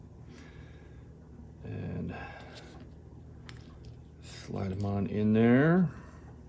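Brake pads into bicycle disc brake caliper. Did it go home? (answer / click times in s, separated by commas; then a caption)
no / none. Metal-backed brake pads are slid by hand into a four-piston e-bike disc brake caliper while someone talks, with a few brief, faint ticks of handling around 3.5 to 3.9 seconds. The pads are handled but not yet home, and nothing has seated or clicked yet.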